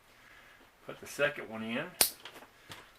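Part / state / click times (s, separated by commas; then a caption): stripped wire into lever-nut wire connector / seated / 2.2 s, 2.7 s. A stripped ground wire is inserted into a plastic lever-nut wire connector and the lever is pressed down to clamp it, while someone talks. Two short snaps are heard at 2.3 s and 2.7 s as the lever snaps closed on the wire, and the wire is seated and locked in place.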